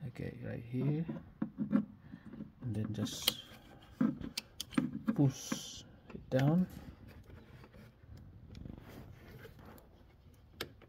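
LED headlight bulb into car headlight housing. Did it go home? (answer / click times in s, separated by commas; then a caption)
yes / 10.6 s. Someone talks while pressing a replacement LED headlight bulb down into the headlight housing of a 2017 Kia Sportage, with rubbing and handling noises and a few light taps. A sharp click at 10.6 s marks the bulb seating correctly in the housing.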